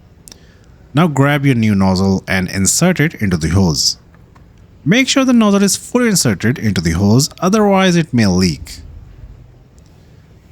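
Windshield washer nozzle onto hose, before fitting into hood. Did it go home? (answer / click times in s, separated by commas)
no / none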